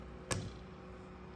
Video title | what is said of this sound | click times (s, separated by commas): How to Crimp Anderson Connectors | and you want to hear that click and then you want to do the tug test to make sure and you can look inside as well | 0.3 s